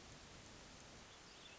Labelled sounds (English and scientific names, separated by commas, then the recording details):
Hermit Thrush (Catharus guttatus)
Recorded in Sonoma County, California